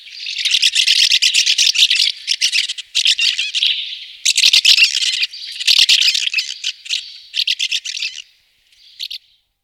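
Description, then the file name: Swallow song in loud bursts of scratchy twittering and buzzy rattles, separated by short pauses, ending with a few soft notes after a gap. "jaskółka"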